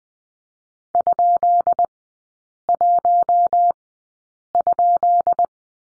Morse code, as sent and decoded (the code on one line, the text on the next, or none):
..--.. .---- ..--..
?1?